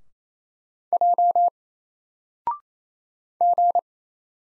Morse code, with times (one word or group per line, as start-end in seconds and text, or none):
0.9-1.5 J
3.4-3.8 G